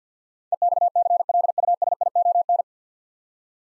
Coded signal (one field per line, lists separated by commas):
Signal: Morse code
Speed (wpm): 48 wpm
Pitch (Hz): 700 Hz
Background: none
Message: EXCLUSION